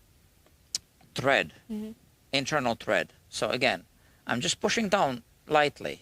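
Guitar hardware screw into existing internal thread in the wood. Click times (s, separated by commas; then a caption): 0.8 s. A metal screw for a guitar part is pressed down lightly and turned counterclockwise until its thread drops into the existing internal thread in the wood, giving a sharp click at 0.8 s. Someone talks before and after the click. The screw is seated in the existing thread.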